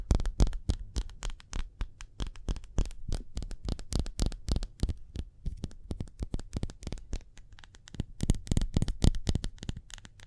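Quick hand sounds made of sharp, dry clicks and slaps in a rapid, uneven stream. The hits come several per second for the whole ten seconds, each one short and crisp with a dull low thump beneath, growing a bit denser near the end.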